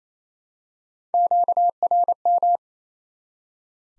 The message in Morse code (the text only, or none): QRM